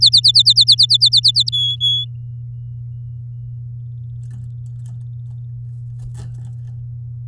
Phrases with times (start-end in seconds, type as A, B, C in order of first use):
0.01-1.49 A, 1.52-2.05 B